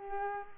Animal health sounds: mosquito wingbeat signal from an infrared sensor; Culex quinquefasciatus

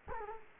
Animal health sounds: mosquito wingbeat signal from an infrared sensor; Culex quinquefasciatus

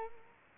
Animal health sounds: mosquito wingbeat signal from an infrared sensor; Culex quinquefasciatus

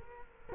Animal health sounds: mosquito wingbeat signal from an infrared sensor; Culex quinquefasciatus

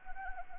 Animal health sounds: mosquito wingbeat signal from an infrared sensor; Anopheles gambiae

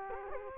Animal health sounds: mosquito wingbeat signal from an infrared sensor; Culex quinquefasciatus

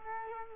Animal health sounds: mosquito wingbeat signal from an infrared sensor; Culex quinquefasciatus

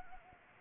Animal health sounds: mosquito wingbeat signal from an infrared sensor; Anopheles gambiae

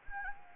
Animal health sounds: mosquito wingbeat signal from an infrared sensor; Anopheles gambiae

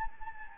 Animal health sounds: mosquito wingbeat signal from an infrared sensor; Anopheles gambiae

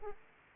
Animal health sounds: mosquito wingbeat signal from an infrared sensor; Aedes aegypti

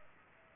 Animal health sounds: mosquito wingbeat signal from an infrared sensor; Culex pipiens

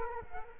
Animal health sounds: mosquito wingbeat signal from an infrared sensor; Culex quinquefasciatus

